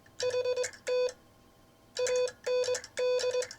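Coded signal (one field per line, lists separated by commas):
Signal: Morse code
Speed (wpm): 21 wpm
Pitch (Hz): 500 Hz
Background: none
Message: HT AND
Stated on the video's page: Morse sent on a Vibroplex bug in classic bug style with some timing off, from the sender's Novice days, offered as bug copy practice.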